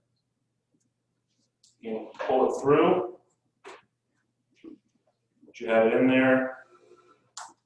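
A urostomy stoma insert with stents is handled and pulled through the opening of an ostomy pouching trainer model while someone talks, with a few brief handling sounds between the words. The clip ends before the insert snaps into place, so nothing has seated yet.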